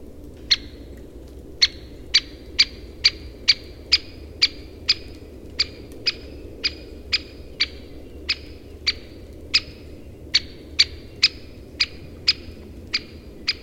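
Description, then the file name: Great spotted woodpecker gives sharp, short 'kik' notes, about two per second with uneven gaps, some twenty-five calls over a low background hum. Calls recorded in summer. "suurkirjurahn haalitsused"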